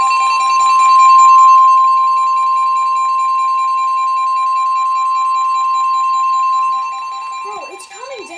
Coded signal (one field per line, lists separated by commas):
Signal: Emergency Alert System (SAME) tones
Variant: 1050 Hz attention tone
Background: speech, music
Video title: CHAOTIC WEATHER I... EAS Alerts from 4/30/22 (EAS #149 - #163)